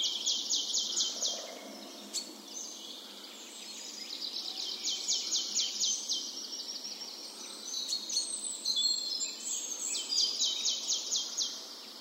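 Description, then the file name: Marsh tit: several bursts of quick, thin, high notes over a steady hiss. "Poecile palustris"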